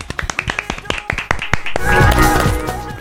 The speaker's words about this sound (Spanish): Un aplauso, Petunia aplaude.